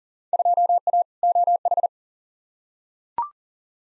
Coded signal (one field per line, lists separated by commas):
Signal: Morse code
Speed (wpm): 37 wpm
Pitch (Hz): 700 Hz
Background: none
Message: 2A OH